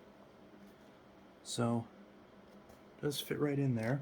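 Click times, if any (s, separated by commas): none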